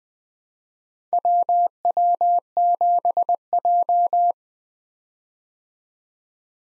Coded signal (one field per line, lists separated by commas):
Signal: Morse code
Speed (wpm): 20 wpm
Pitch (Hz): 700 Hz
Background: none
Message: WW7J